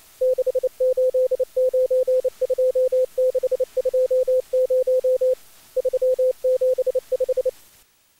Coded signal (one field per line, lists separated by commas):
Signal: Morse code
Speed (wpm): 28 wpm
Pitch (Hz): 510 Hz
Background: radio noise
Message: 6892620 375